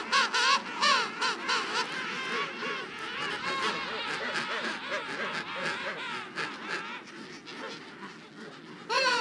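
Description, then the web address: King penguins calling in a dense colony chorus, many overlapping warbling, trumpet-like harmonic calls rising and falling continuously, with a louder burst at the start and end. Antarctica. "Antarctia Pinguins Koningspinguins"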